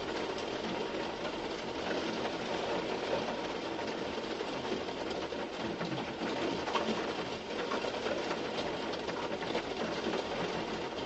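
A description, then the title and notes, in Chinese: A torrential rainstorm pounds on a car, a dense, unbroken roar that holds steady from start to finish. Countless fine drop impacts crackle through it, with a low rumbling hum underneath and no pauses or changes in intensity. 陋室谧谧·白雨车居。白雨跳珠乱入车。特大暴雨·京。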